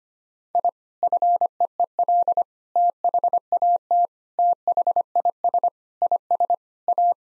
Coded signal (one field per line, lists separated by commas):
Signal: Morse code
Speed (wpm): 25 wpm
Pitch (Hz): 700 Hz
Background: none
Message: I FEEL THAT THIS IS A